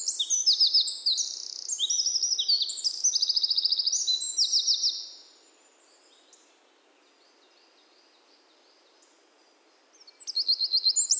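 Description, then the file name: Eurasian wren song: a loud rapid outpouring of high trills and ticking notes for about five seconds, a long pause, then another burst of trilling begins. "Troglodytes troglodytes"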